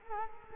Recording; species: mosquito wingbeat signal from an infrared sensor; Culex quinquefasciatus